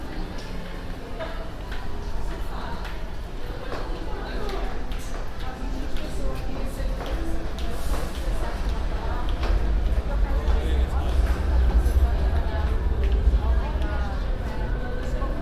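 An N train ride with a constant low rumble, overlapping chatter from passengers, and scattered clicks and rattles that swell slightly toward the end.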